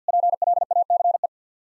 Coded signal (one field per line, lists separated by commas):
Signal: Morse code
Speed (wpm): 48 wpm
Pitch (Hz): 700 Hz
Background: none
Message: PLACE